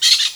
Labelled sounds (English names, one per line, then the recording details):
Brown-throated Parakeet contact call
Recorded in Venezuela
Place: Guárico; Corozopando; Fundo La Fe
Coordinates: 8.506, -67.593